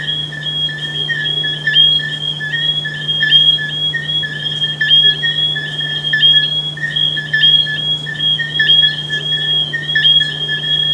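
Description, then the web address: Frog giving high, tonal notes that run on almost without pause, broken by short gaps, with a constant low hum in the background. "humbot audio frogs"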